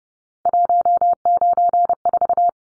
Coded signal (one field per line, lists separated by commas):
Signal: Morse code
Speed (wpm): 30 wpm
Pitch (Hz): 700 Hz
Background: none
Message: 194